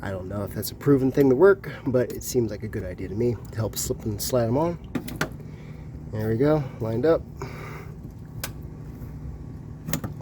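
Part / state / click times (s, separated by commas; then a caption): coolant hose quick connector onto engine coolant fitting / not seated / none. Someone talks while a coolant hose quick connector, lubricated with silicone spray to help it slide on, is lined up and pushed onto an engine coolant fitting, with brief sharp sounds near the end. The connector is not yet locked, and nothing has clicked or seated yet.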